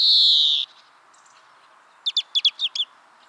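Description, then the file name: European greenfinch call: a long, wheezy, buzzing note, then after a pause a quick twittering run of several short chirps. "Chloris chloris"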